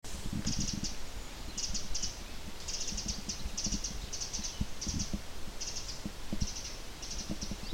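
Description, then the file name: Eurasian wren calls: short, dry, high ticking bursts repeated steadily over a low rumbling background. "Troglodytes troglodytes"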